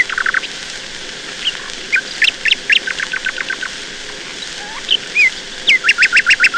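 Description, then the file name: Nightingale song in varied bursts: quick runs of short notes, whistled slurs, and a closing series of evenly repeated notes. "Solovei"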